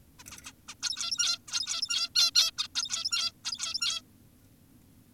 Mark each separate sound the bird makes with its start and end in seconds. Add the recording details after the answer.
0.19-0.24, 0.32-0.38, 0.46-0.52, 0.68-0.75, 0.83-1.39, 1.48-2.10, 2.16-2.31, 2.35-2.51, 2.58-2.68, 2.76-3.32, 3.45-4.02. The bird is an adult. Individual g17y2U